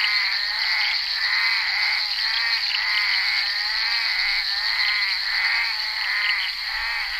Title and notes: crapaux buffle. enregistré sur le tournage Bal poussière dhenri duparc en février 1988